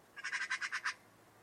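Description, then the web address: Bird call: one brief, dry rattle of several rapid harsh pulses lasting under a second. "Deverinetal 2025 File origin Bird Only"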